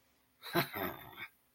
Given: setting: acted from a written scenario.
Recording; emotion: vocal sound without words; triumph